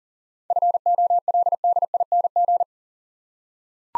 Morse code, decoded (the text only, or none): FOLDING